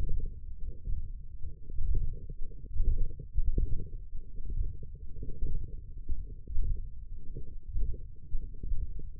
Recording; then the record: forearm muscle sounds (acoustic myography)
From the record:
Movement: ulnar deviation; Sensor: system 1, eight BSWA MPA416 microphones around the upper forearm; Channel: 3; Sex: male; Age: 21 years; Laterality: right